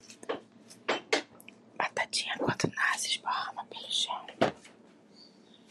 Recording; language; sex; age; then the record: short text; Brazilian Portuguese; female; 40 to 49 years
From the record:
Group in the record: control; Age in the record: 48 years